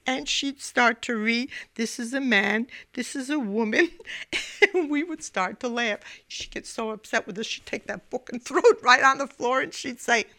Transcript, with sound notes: And she'd start to read, "This is a man. This is a woman," (she laughs) and we would start to laugh. She'd get so upset with us she'd take that book and throw it right on the floor and she'd say,